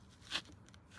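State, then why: Not seated. A one-piece cabin air filter assembly with a plastic cover tab is handled as it is slid back into its slot in the HVAC housing behind the glove box of a 2022-2024 Mazda CX-5. A brief broadband scraping rustle peaks around 0.35 s, followed by faint small ticks near 0.5 s, 0.7 s and 0.7 s over a low background. Nothing has seated or clicked yet; the tab has not locked in.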